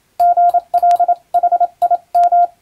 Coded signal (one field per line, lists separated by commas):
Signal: Morse code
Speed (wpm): 27 wpm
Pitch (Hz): 700 Hz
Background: none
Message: GLHIM